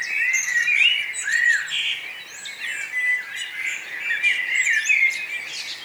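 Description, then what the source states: Overlapping bird songs, looping whistles and clipped chirps tumbling over each other in a thick, continuous chorus. Morning atmosphere at Nonnenhorn, 10 May 2009, 04:24; birdsong and twittering.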